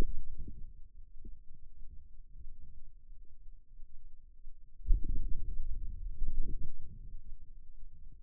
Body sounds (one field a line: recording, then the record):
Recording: forearm muscle sounds (acoustic myography)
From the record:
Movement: wrist flexion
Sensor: system 2, bracelet of six BSWA MPA416 microphones around the upper forearm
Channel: 2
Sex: male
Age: 22 years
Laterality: right